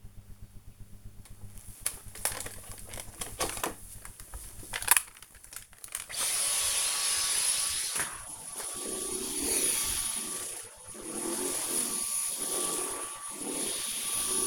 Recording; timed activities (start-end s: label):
household activities, microphone on the right wrist
0.84-14.46 s: vacuum cleaning